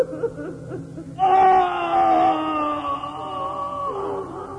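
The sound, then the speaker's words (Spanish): A long, high-pitched shriek, the cry of a beast lying in a coffin as a dagger falls on its right side, erupts after a moment of low murmuring. It holds loud and strained for about three seconds before gradually tapering off, echoing through a castle and shaking its walls. “Un alarido estremeció las paredes del castillo.”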